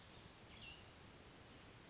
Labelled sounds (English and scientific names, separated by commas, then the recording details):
Cassin's Vireo (Vireo cassinii)
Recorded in Sonoma County, California